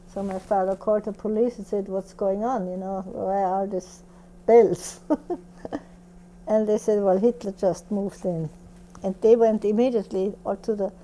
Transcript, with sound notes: So my father called the police and said, "What's going on, you know, why all these bells?" ( she laughs ) And they said, "Well, Hitler just moved in." And they went immediately all to the,